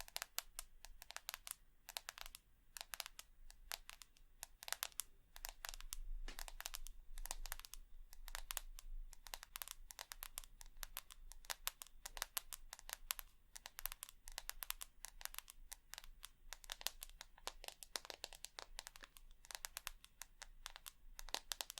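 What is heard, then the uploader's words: Tapping runs through the whole stretch as dense, irregular clicks, sharp and bright, several per second with no steady beat. The texture is crinkly, like light fingertips on a hard surface, over a faint low hum that stays constant underneath. Tapping.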